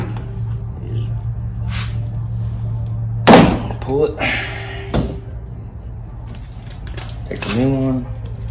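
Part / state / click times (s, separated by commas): wiring harness connector into side marker light / not seated / none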